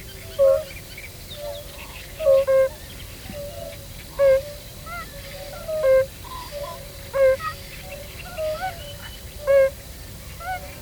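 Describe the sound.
European fire-bellied toads calling, soft, hollow 'oop' notes repeated every one to two seconds.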